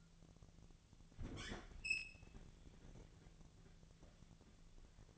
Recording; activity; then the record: daily activity, microphone in the room; open fridge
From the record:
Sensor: 4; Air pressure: 1000.9 hPa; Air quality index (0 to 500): 126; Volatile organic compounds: 1 ppm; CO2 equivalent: 948 ppm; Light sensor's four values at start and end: 32/76/32/35 and 29/70/29/32